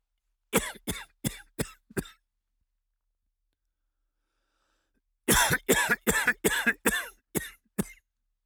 Coughs Gentle.